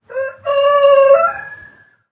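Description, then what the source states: Chicken: rooster crowing: a short opening note followed by a long, steady, ringing note before trailing off, about two seconds in all. Old rooster crowing cock-a-doodle-doo.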